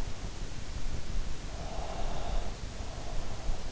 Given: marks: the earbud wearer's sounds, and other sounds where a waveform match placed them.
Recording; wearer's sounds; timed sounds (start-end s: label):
sounds in sleep by an in-ear microphone; breath
1.59-3.71 s: breath